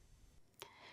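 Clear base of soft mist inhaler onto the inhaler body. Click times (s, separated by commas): 0.6 s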